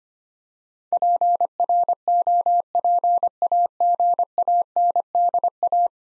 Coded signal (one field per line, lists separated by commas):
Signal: Morse code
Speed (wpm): 25 wpm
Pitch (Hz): 700 Hz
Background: none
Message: PROPAGANDA